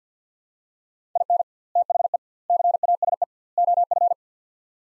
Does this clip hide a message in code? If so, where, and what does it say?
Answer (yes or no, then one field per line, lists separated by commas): yes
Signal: Morse code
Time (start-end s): 1.2-4.1 s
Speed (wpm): 50 wpm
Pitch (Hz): 700 Hz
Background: none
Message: IN THE CASE OF